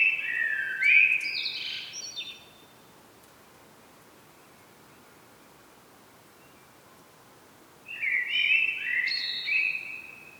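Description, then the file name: Common blackbird song, one phrase at the start and another after a long pause, whistled notes mixed with squeaky higher flourishes. "Turdus merula"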